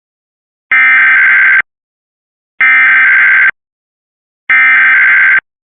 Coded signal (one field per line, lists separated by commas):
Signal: Emergency Alert System (SAME) tones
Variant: header bursts